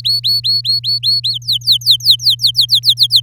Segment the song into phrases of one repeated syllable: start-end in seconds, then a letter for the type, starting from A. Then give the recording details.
0.00-1.38 A, 1.42-3.20 B. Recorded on 8 May 2018 at 05:42. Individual llb16